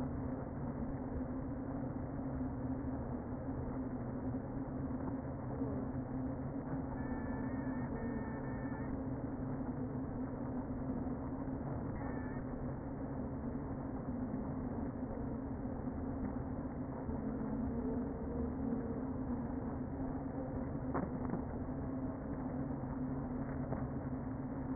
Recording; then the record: honeybee colony, microphone inside the hive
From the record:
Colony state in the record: queen present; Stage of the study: before two queens were removed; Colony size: about 60,000 bees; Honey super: yes